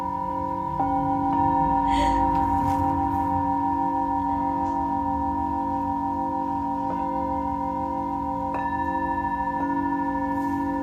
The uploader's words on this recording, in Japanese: メキシコから シンギングボウルのサウンドヒーリング ライブ。